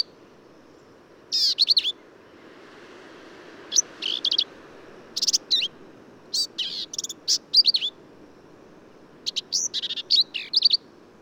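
Black-capped vireo singing rapid, complex phrases of rasping and piping high notes, phrases spaced by short gaps.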